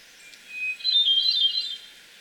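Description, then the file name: Hermit thrush song: one ethereal phrase starting with a steady whistle, then a quick tumbling series of silvery, wavering notes. Twelve songs. "Hermit Thrush 12 songs"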